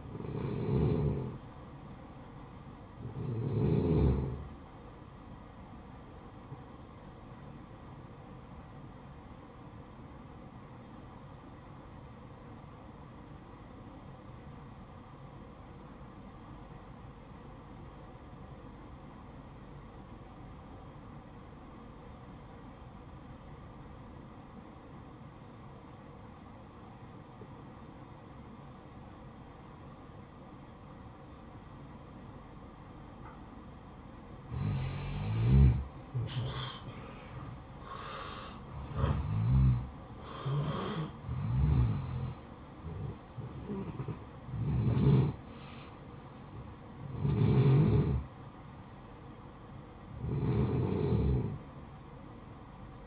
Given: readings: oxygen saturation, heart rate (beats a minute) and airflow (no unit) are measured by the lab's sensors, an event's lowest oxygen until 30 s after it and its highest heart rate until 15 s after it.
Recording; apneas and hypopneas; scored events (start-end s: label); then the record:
breathing in sleep by a smartphone at the bedside; 1
9.00-39.00 s: new sleep stage, N2 (light sleep)
11.00-33.30 s: obstructive apnea (N2, oxygen 95% highest, then 88% lowest, heart rate 57 at the start, 74 highest)
39.00-53.07 s: new sleep stage, N1 (lightest sleep)
From the record:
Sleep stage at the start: N1 (lightest sleep); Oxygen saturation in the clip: 89 to 95%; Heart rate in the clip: 55 to 74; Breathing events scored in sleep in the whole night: 573 in 9.8 hours asleep